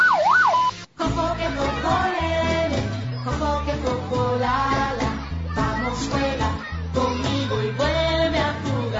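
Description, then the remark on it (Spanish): A garbage collection truck's siren wails up and down in quick sweeps for about a second, signaling residents to take out their trash, then cuts off abruptly, giving way to a dense stretch of steady, harmonic tones that fill the rest. “Saque su basura al sonido de la sirena del camión recolector.”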